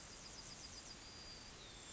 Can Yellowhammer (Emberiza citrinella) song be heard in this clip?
yes